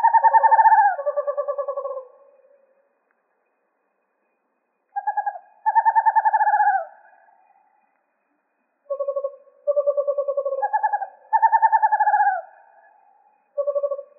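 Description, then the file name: Western screech owl trills in four bouts roughly four to five seconds apart, the last cut short, each with fast pulsed notes at a higher and a lower pitch overlapping, separated by silence. Recorded in Arizona on 7 January 2006. "WESO 3 D deviche"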